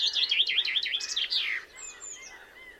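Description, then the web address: Common chaffinch song: a run of bright repeated notes that drops into a short descending flourish, followed by faint, high thin notes. "Deverinetal"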